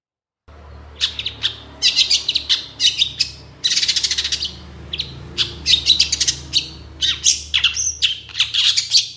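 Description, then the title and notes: Long-tailed shrike singing a steady chatter of grating, high-pitched notes and squeaky phrases over a constant hiss and low hum. Singing in the morning, with the 'toet toet' sound variation. "Cendet Gacor Dor Di Kala Pagi Toet Toet Variasi Suara. Burung cendet"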